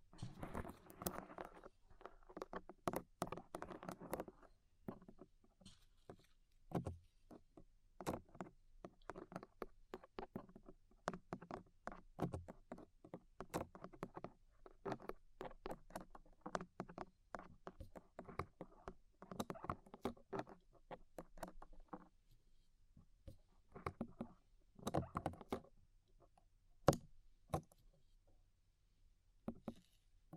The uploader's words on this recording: ASMR Tingly Ear Cleaning Rhinestone & Clay Removal (No Talking).